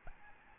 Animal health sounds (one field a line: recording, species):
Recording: mosquito wingbeat signal from an infrared sensor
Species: Aedes albopictus